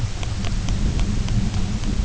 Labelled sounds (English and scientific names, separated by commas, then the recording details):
none
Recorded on Arctic tundra, site UTQI-0, on 20 June 2018
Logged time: 14:00